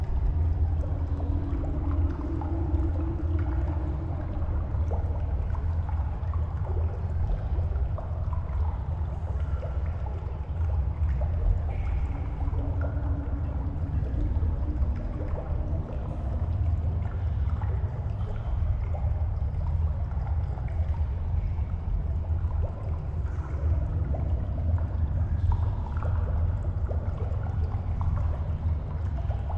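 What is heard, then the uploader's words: Cave ambience with a constant low rumble filling the space, steady and dense throughout. A faint hum around the low mids swells briefly near the start and again in the middle, while soft scattered ticks and drips sound higher up. Medusa's Lair: ambient soundscape for sleep or D&D. A cave tucked away on the rocky coastal cliffs. Cave ambience.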